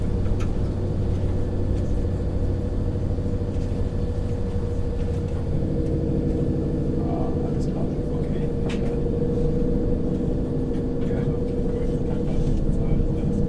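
A train rides through the night with a steady, heavy low rumble and a faint whine, broken by a few brief clicks and clanks.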